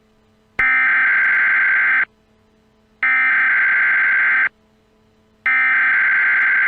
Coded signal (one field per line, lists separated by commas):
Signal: Emergency Alert System (SAME) tones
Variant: header bursts